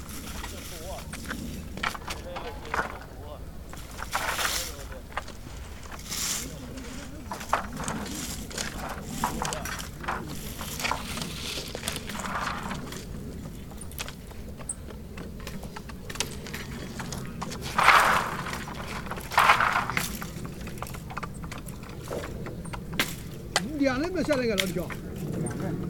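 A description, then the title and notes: Workers clear sticks outdoors, with repeated short snaps, thuds and rustles of wood being handled and dropped throughout. Voices murmur now and then, and a low steady rumble like an engine runs underneath. Two sharp, bright clatters stand out near eighteen and twenty seconds. Workers clearing sticks. Conversation.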